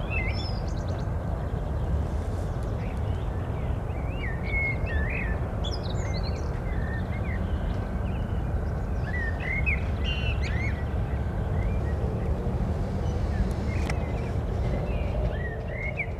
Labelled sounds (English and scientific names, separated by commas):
Common Blackbird (Turdus merula) song